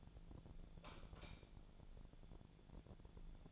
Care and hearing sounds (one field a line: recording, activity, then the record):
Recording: daily activity, microphone in the room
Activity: light off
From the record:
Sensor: 5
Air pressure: 1000.1 hPa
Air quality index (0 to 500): 97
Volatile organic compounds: 1 ppm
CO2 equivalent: 787 ppm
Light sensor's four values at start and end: 153/368/155/169 and 151/360/152/166